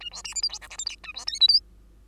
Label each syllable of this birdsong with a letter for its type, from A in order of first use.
A B C D E F G H I J A B K L M